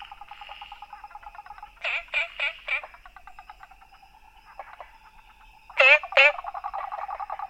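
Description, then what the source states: Frogs giving quick pulsed trills under a handful of loud, sweeping, squeaky notes that burst out in short groups of three and two. Recorded 13 April 2014.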